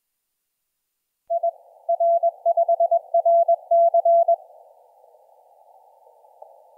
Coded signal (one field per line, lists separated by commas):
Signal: Morse code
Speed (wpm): 22 wpm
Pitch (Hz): 680 Hz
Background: none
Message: I R5RC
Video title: 9N7CI - IU1DOF on 15m CW